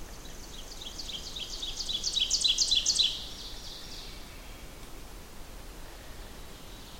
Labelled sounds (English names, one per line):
Ovenbird song